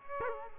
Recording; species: mosquito wingbeat signal from an infrared sensor; Culex quinquefasciatus